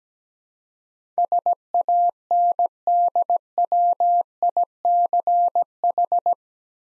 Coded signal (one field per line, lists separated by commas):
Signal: Morse code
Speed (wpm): 17 wpm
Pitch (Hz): 700 Hz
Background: none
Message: SANDWICH